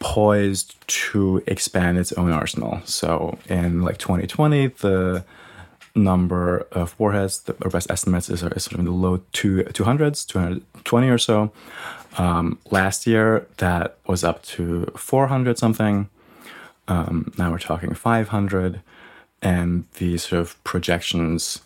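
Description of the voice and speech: Adult male speaker who stutters, with pauses and unusual speech patterns through his speech.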